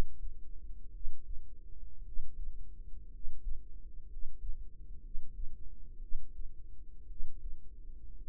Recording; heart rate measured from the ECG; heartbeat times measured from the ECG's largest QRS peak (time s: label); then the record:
heart sounds by microphone in the right ear; 58 bpm
0.90 s: heartbeat
2.02 s: heartbeat
3.08 s: heartbeat
4.06 s: heartbeat
4.99 s: heartbeat
5.98 s: heartbeat
7.05 s: heartbeat
8.17 s: heartbeat
From the record:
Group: healthy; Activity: cold pressor test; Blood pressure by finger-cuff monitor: 113/63 mmHg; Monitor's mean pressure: 76 mmHg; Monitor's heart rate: 61 bpm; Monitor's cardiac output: 5.1 L/min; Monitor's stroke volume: 85 mL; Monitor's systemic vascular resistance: 1070 dyn s/cm5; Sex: male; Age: 25 years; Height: 170 cm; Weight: 70.4 kg